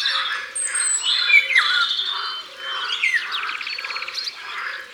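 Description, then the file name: Eurasian golden oriole song, fluid whistled phrases sliding downward, set among a busy chorus of other chirping birds, with a low short note repeating steadily underneath. Recorded at the waterside. "Loriot-d Europe-Au-bord-de-leau"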